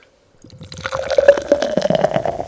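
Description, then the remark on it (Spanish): Beer pours into a glass after a brief silence: a steady gurgling, splashing stream with a faint ringing tone that holds for about two seconds, fairly loud, with no talking. “Échame una cervecita”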